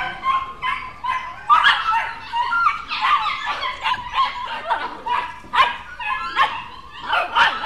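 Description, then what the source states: Dogs yapping and barking together, many high-pitched overlapping barks in a steady chorus throughout. In a kennel.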